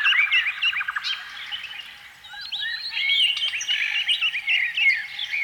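Canary song: a fast, continuous run of bright chirps, trills and rising whistled notes, with a short rapid buzzy trill near the start and a brief lull midway.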